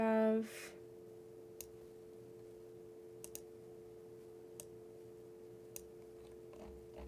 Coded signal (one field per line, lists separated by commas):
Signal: telephone call progress tone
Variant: North America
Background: speech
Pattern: dial tone